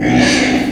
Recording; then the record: squeal of a Yucatan mini pig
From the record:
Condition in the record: before surgery on the right vocal fold (resection and tissue-engineered implant); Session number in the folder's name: 3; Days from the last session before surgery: 0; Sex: female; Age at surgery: 19 weeks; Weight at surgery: 25 kg